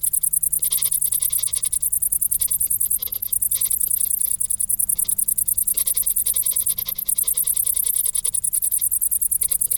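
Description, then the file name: Cricket chirping, a continuous shrill pulsed song, very high and even, with a faint low hum underneath. "Grillen"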